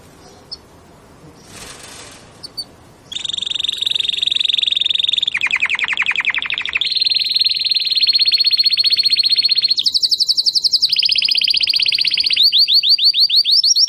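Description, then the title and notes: Domestic canary, quiet at first, bursting into a long sequence of loud rolling trills and sweeping notes that change pitch every few seconds. Belgian canary singing; song style named "campainha" (bell). "Canário Belga Campainha Canary Singing. Canario Belga Cantando"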